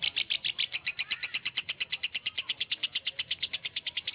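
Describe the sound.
Lovebird chatter made of rapid, evenly spaced shrill chirps, all at a similar pitch, running through the whole stretch.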